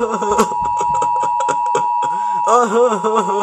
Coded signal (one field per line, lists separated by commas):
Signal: Emergency Alert System (SAME) tones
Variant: 853 and 960 Hz attention tone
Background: speech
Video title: Greenyphatom2009 Gets interrupted by the Emergency Alert System